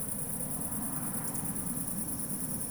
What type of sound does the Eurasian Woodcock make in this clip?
whistle